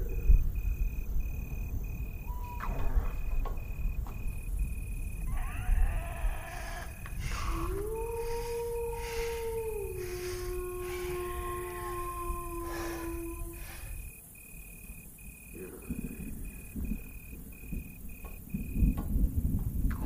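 A dark village ambience with a steady high insect-like whine, low rumbling hum, and a long eerie wavering tone sweeping through the middle.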